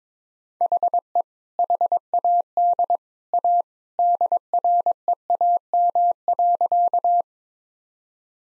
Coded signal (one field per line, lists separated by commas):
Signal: Morse code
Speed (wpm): 22 wpm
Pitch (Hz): 700 Hz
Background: none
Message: HE HAD A DREAM.